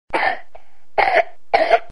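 Three short, sharp coughs from a child within under two seconds, each a brief harsh burst separated by short gaps of well under a second. The quality is dry to slightly throaty, with nothing else audible in the background.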